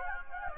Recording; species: mosquito wingbeat signal from an infrared sensor; Anopheles gambiae